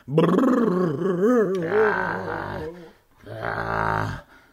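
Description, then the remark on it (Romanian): A voice imitates a wolf howling: a loud, wavering tone that rises and falls, then two long, rough, growly drawn-out howls separated by a short pause. “Doar urletul sinistru al lupului.”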